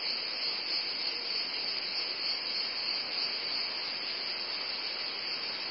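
Cicadas droning in a steady, continuous high-pitched buzz with no pauses, a dense shrill band holding unbroken throughout.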